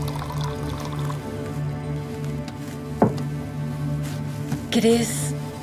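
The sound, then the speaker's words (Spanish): A short splash of water pouring into a glass near the end, its pitch rising briefly as it fills, preceded by a sharp clink, over a steady low hum, as a daughter serves her mother a glass of water. “le sirve un vaso de agua.”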